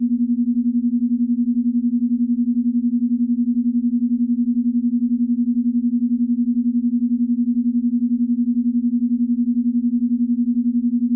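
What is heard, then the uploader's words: A single steady low tone holds unchanged for the whole eleven seconds, with a fast, even pulsing in its loudness, roughly eleven beats per second. Nothing else sounds; the pitch never moves and there are no other events or background noises. 11 Hz Alpha Waves Binaural Beats.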